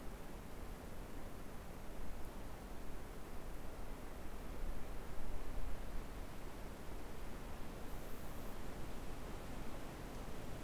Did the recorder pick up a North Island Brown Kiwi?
no